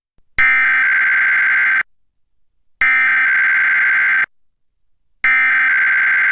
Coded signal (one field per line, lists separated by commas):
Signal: Emergency Alert System (SAME) tones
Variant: header bursts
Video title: EAS #465: EAS Required Weekly Test- Feb. 15, 2021- 11:28AM PST